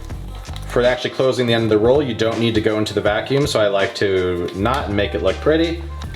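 Someone talks over background music while handling a countertop vacuum sealer, with the end of a bag roll being closed in it. One brief sharp sound comes at 0.6 s, but the sealer lid has not yet latched onto its base, and nothing has clicked or seated by the end of the clip.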